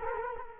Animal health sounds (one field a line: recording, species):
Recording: mosquito wingbeat signal from an infrared sensor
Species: Culex quinquefasciatus